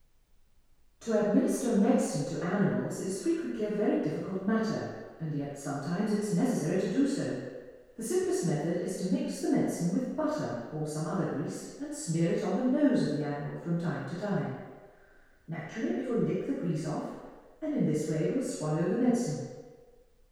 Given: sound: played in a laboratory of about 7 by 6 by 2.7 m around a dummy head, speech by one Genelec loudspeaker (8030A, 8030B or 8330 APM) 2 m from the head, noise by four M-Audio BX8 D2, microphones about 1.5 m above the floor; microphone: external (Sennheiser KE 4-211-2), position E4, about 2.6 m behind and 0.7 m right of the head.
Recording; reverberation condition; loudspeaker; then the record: female speech in English; high; 150 degrees to the left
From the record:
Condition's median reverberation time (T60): about 1300 ms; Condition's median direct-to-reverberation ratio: about -4.0 dB